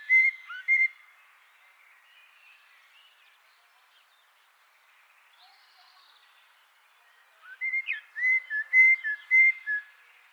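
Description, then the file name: Common blackbird with two brief fluted phrases separated by a long quiet gap, the second a string of clear warbled whistles. "Turdus merula"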